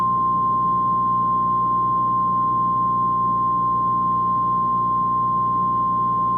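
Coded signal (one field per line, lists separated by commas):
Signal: Emergency Alert System (SAME) tones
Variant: 1050 Hz attention tone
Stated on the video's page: Fictional EAS scenario for entertainment, using valid, loud SAME tones.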